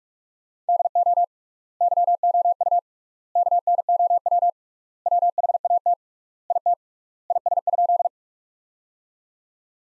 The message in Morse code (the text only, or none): DO YOU KNOW WHAT IT IS?